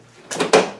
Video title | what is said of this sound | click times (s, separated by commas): Replacing Television LED Backlights | definitely just snaps into place just a matter of getting it around the corners | 0.5 s